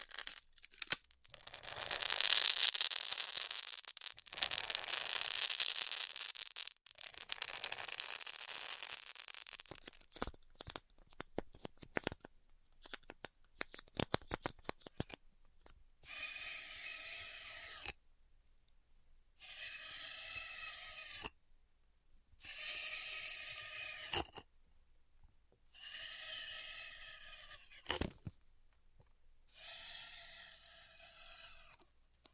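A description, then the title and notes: Styrofoam heat cutting: the first ten seconds bring a bright, rough hiss in two long stretches, then a patch of scattered clicks and ticks. From about sixteen seconds, five separate squeaky, tonal screeches follow at fairly regular intervals, each lasting two to three seconds with short silences between. ASMR Styrofoam Heat Cutting (No Talking).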